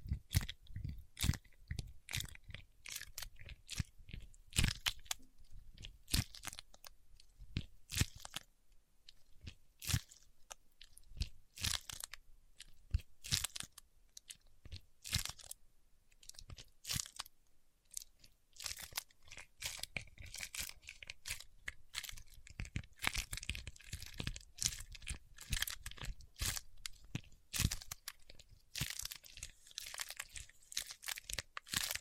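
Paraffin wax being peeled, tapped and scratched: dense, irregular crisp crackles and snaps come in quick bursts throughout, with brief quieter gaps.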